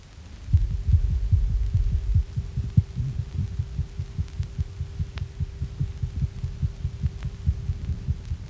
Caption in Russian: Внутриутробное сердцебиение плода. Помимо нормального ритма, выслушиваются отдельные звуки, связанные с движением плода.